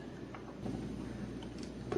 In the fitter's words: Put some pressure and it clicks in.